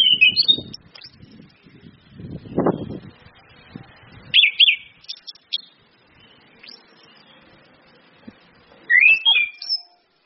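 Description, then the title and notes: Orange-headed thrush song: scattered brief whistled phrases, sharp and twisting, separated by pauses, with low thumping noises between them. Indonesian bird-training lure recording of anis kembang in ngeplong song style, mixed with female whistles (suitan betina), meant to make birds sing vigorously (gacor); used as masteran tutor audio. "Anis Kembang 5. PANCINGAN anis kembang ngeplong dan SUITAN BETINA. Masteran Anis Kembang"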